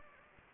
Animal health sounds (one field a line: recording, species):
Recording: mosquito wingbeat signal from an infrared sensor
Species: Anopheles gambiae